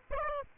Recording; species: mosquito wingbeat signal from an infrared sensor; Aedes albopictus